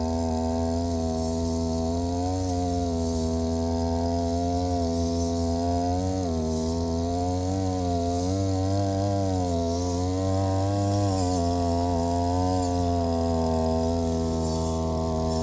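A brush cutter runs without a break, mowing grass between rows of green onions and around a field. Its buzzing engine drone holds steady but dips and recovers in pitch every few seconds as the blade bites into the grass, with a faint hiss above.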